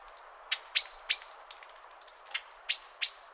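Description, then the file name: Common blackbird sharp ringing clicks: a softer note and a pair, a softer single note, then another pair. "Turdus merula"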